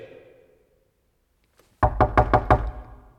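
Five firm, hollow knocks on a door in quick, even succession, loud and sharp, following a faint low hum that fades away into near silence.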